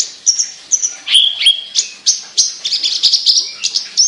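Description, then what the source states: Javan bush lark song mixing high whistles, a few lower notes and rapid chirped bursts. Local name branjangan; described as gacor, singing actively; labelled Petir.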